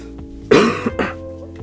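Two short, harsh cough bursts about half a second apart, the first louder and longer, in a quiet small room.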